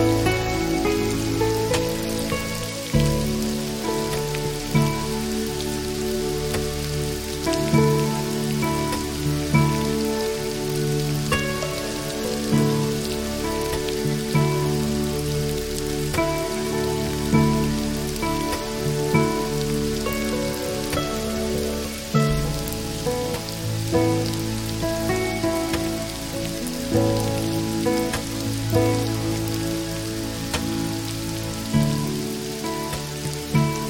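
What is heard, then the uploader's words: A gentle patter of raindrops runs as a steady, fine hiss throughout, with small bright drips scattered on top. Beneath it, soft music holds sustained low and middle chords that shift every few seconds, keeping an even, unhurried level. The gentle patter of raindrops.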